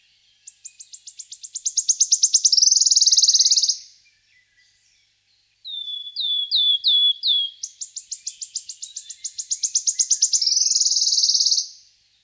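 Wood warbler singing twice: accelerating stuttered notes melting into a silvery buzzing trill, with a short series of plaintive descending whistles between the two songs.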